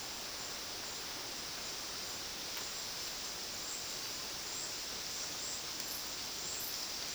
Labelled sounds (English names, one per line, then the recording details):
none
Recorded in dense forest near Puerto Asís, Putumayo, Colombia, on 21 February 2024 at 13:00
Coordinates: 0.466, -76.327
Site G6413